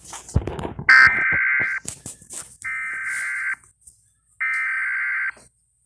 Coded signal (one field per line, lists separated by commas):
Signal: Emergency Alert System (SAME) tones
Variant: header bursts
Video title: EAS scenario winter storm